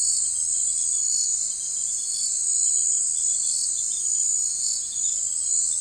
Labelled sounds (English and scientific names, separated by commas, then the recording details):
none
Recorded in forest near Pivijay, Magdalena, Colombia, on 14 April 2023 at 19:30
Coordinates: 10.467, -74.380
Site Z5-G034